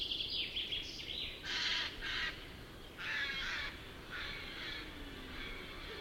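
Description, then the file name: Eurasian jay making a few faint, rasping screeches, with chirping of other birds. "Garrulus glandarius"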